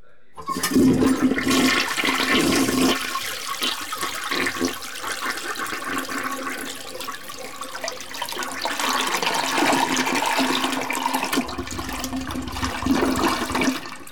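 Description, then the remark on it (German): A toilet flushes with a loud rushing gush of water that churns steadily for several seconds, then swirls and gurgles as the bowl drains and the tank begins refilling. “Das, meine Damen und Herren, war die Radio 100 Klospülung.”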